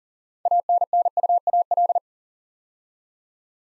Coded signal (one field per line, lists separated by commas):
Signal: Morse code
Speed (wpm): 38 wpm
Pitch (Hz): 700 Hz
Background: none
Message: ANNUAL